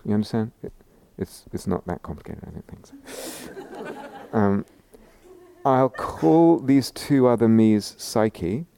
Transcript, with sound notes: You understand? It's not that complicated, I don't think. [laughter] "I'll call these two other mes psyche.